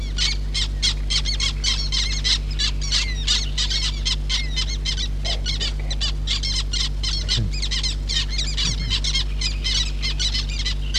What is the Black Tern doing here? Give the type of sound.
call